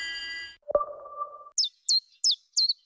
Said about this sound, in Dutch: Wanneer hoor jij de eerste tjifjaf?